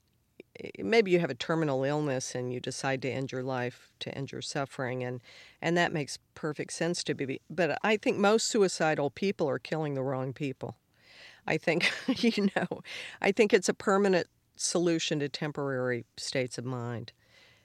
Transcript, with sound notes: maybe you have a terminal illness, and you decide to end your life to end your suffering. And that makes perfect sense to me. But I think most suicidal people are killing the wrong people. I think (laughter), you know - I think it's a permanent solution to temporary states of mind.